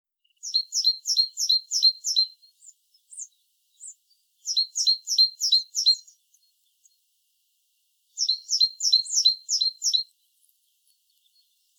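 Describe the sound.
Great tit giving three quick bursts of crisp, repeated high notes, roughly five or six per burst, with occasional single chips in the gaps.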